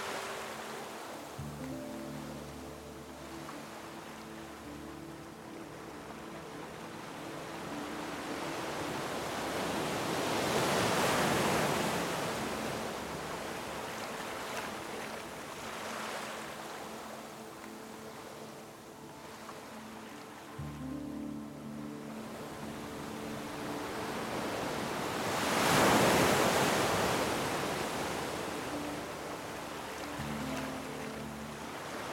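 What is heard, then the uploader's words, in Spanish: Soft waves roll in and wash out, swelling to a bright rush around 11 and 26 seconds before fading back. Beneath them, gentle sustained low tones hold steady chords that drop away during the surges and return in between. OLAS Apaciguadoras y MELODÍA Serena. El murmullo de las olas y las armonías suaves se mezclan.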